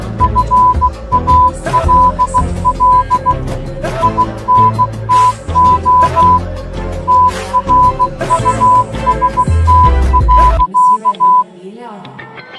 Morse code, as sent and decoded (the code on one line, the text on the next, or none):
..-. .- .-.. .-.. / .. -. - --- / - .-. ..- ... - .-.-.-
FALL INTO TRUST.